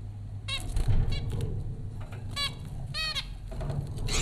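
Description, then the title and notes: Zebra finch calls, several harmonic beeps spread throughout, the clearest two in the second half, over a constant low hum. Zebra finches recorded by Dan Bodah at Popcorn School, Flatbush, Brooklyn, New York, in April 2009. "Dronecast: The Popcorn Finches Four from Apr 15, 2009. Zebra finches recorded by Dan Bodah at Popcorn School, Flatbush, Brooklyn NY in April 2009"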